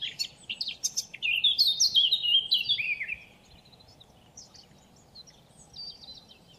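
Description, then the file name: Eurasian blackcap song: a scratchy, hurried warble of short high notes, then a loud fluty run of whistled phrases dropping in pitch, followed by faint twittering. "Sylvia atricapilla"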